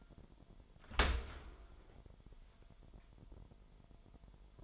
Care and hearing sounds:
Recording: daily activity, microphone in the room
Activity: open dishwasher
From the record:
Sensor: 5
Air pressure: 998.4 hPa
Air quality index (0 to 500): 82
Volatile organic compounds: 1 ppm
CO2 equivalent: 940 ppm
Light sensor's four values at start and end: 21/49/20/23 and 21/49/20/23

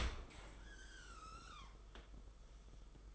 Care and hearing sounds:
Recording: daily activity, microphone in the room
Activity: open dishwasher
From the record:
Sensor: 5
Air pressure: 991.5 hPa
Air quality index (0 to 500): 117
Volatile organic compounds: 38 ppm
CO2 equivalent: 3110 ppm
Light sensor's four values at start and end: 39/124/47/51 and 40/125/47/51

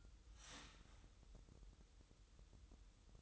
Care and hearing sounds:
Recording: daily activity, microphone in the room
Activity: start toaster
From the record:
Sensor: 3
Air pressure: 988.6 hPa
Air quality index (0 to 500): 193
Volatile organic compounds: 285 ppm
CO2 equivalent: 4448 ppm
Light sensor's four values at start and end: 23/72/30/26 and 23/72/30/26

